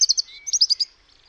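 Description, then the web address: European robin song phrase of quick, very high sparkling notes, a thin held whistle in between, ending in a brief trill. "Deverinetal 2025 File origin Bird Only Er Ru"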